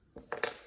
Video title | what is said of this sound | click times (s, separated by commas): O Scale Model Railroading: LRV - The Geometry | brass axle bushings or bearings, if you will. In each of these, they snap right in. | 0.3 s, 0.4 s